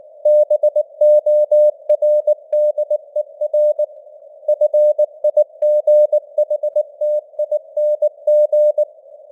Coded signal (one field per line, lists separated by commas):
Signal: Morse code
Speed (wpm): 19 wpm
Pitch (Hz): 600 Hz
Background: none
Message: BORDER FIGHTING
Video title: Morse Code News | 2025-12-27 | 19wpm